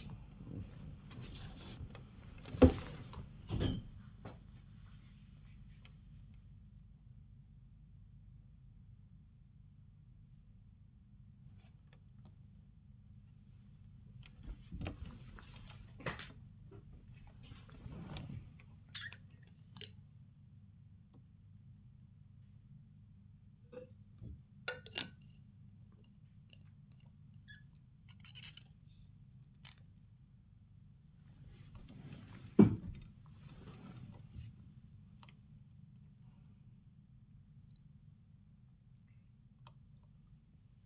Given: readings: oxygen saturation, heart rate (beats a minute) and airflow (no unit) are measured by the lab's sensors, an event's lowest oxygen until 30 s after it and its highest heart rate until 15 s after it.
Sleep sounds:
a person awake in a sleep study, by a smartphone at the bedside; none
0.00-40.86 s: awake
From the record:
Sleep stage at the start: awake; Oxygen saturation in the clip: 97 to 98%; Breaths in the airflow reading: 7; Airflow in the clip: -8.1 to 9.9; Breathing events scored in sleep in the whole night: 270 in 6.1 hours asleep

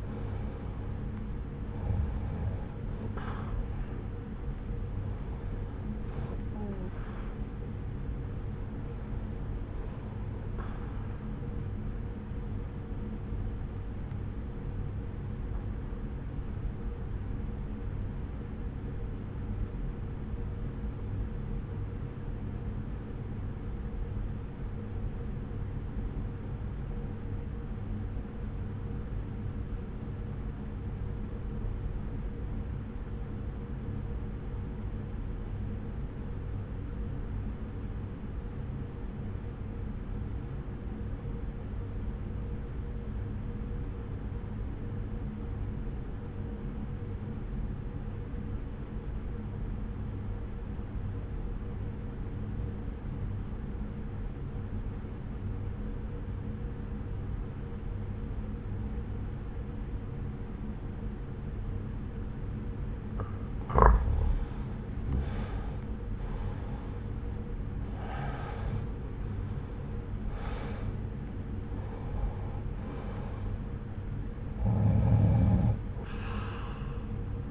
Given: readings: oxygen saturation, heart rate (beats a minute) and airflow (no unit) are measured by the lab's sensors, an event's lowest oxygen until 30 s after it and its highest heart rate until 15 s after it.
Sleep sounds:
breathing in sleep by a smartphone at the bedside; 1
17.00-64.60 s: obstructive apnea (REM, oxygen 96% highest, then 79% lowest)
From the record:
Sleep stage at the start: REM sleep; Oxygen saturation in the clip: 81 to 96%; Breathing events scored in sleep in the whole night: 303 in 8.1 hours asleep

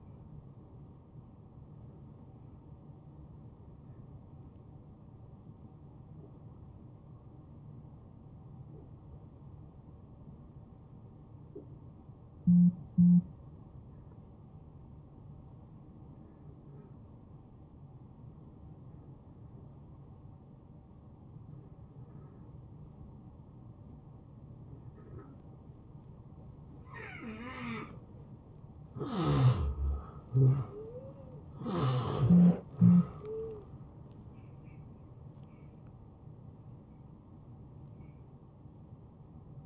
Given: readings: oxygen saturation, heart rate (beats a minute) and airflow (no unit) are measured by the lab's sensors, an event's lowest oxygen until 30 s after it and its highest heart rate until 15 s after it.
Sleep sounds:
breathing in sleep by a smartphone at the bedside; 1
4.00-27.90 s: hypopnea (N2, oxygen 88% highest, then 79% lowest, heart rate 79 at the start, 82 highest)
37.00-39.66 s: new sleep stage, N1 (lightest sleep)
From the record:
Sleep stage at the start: N2 (light sleep); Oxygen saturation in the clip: 77 to 89%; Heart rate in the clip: 75 to 81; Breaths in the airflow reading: 8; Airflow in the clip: -17.8 to 7.3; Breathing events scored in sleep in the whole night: 263 in 5.5 hours asleep

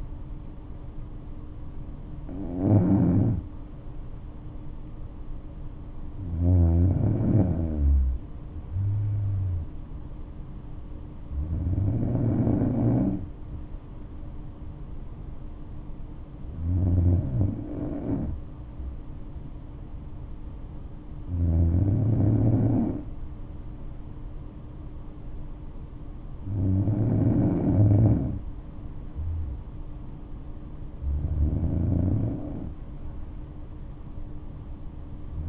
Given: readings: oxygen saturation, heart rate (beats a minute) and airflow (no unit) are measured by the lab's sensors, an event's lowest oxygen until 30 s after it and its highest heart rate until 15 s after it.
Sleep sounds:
breathing in sleep by a smartphone at the bedside; none
none scored
From the record:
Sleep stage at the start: N2 (light sleep); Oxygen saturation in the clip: 94 to 96%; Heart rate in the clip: 58 to 68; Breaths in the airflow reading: 7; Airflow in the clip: -6.5 to 8.8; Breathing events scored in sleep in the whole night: 228 in 5.4 hours asleep

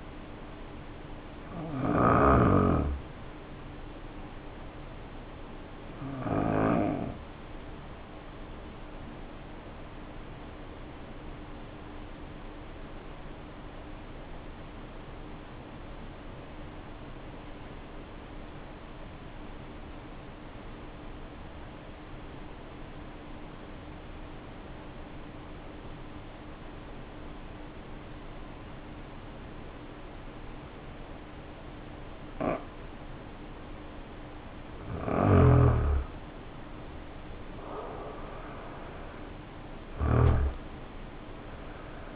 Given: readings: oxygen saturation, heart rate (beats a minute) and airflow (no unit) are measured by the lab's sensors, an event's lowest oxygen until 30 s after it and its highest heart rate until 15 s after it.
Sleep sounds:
breathing in sleep by a voice recorder at the bedside; 1
3.00-42.16 s: new sleep stage, N1 (lightest sleep)
5.00-36.40 s: hypopnea (N1, oxygen 95% highest, then 77% lowest, heart rate 52 at the start, 74 highest)
From the record:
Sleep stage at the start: N2 (light sleep); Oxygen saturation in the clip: 78 to 95%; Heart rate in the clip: 49 to 74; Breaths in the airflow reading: 6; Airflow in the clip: -5.5 to 5.5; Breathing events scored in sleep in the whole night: 520 in 7.2 hours asleep

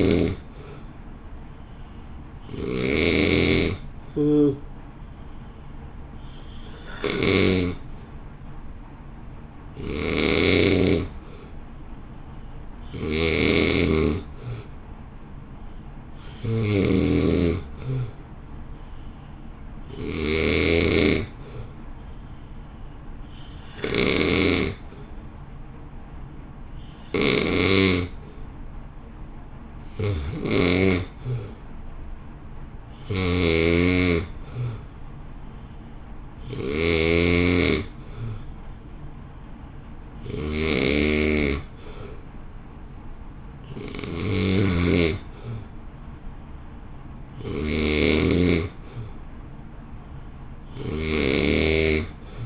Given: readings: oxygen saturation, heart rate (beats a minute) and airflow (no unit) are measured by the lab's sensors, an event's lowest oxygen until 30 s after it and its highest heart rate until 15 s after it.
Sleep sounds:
breathing in sleep by a smartphone at the bedside; none
none scored
From the record:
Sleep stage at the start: N2 (light sleep); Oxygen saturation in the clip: 89 to 90%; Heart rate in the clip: 54 to 57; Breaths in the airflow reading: 17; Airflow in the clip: -1.6 to 1.2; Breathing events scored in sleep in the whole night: 328 in 6.3 hours asleep

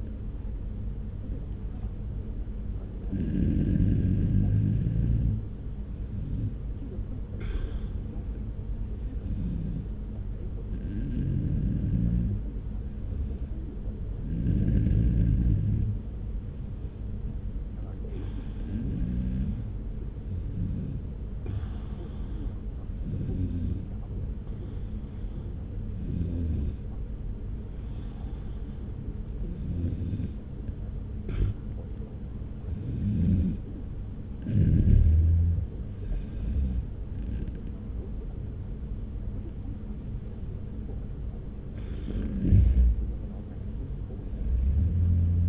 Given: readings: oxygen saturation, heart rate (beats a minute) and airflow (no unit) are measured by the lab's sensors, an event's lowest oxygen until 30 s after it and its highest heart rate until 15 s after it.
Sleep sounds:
breathing in sleep by a smartphone at the bedside; 1
17.00-35.20 s: hypopnea (N2, oxygen 95% highest, then 93% lowest)
36.00-45.49 s: new sleep stage, N1 (lightest sleep)
From the record:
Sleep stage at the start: N2 (light sleep); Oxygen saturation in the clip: 93 to 95%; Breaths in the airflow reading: 15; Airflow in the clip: -1.3 to 1.8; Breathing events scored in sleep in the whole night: 335 in 6.7 hours asleep

